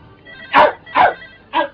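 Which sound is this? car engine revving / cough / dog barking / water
dog barking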